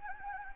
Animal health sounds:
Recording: mosquito wingbeat signal from an infrared sensor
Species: Anopheles gambiae

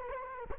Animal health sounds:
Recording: mosquito wingbeat signal from an infrared sensor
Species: Culex quinquefasciatus

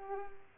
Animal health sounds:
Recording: mosquito wingbeat signal from an infrared sensor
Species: Culex pipiens

